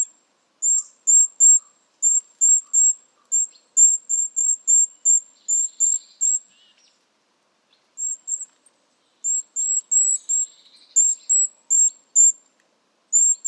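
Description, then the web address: Bird giving high, thin repeated chirps in quick irregular series, broken by a gap of under two seconds, with faint soft buzzy sounds in the background. "birddata Deverinetal 2025"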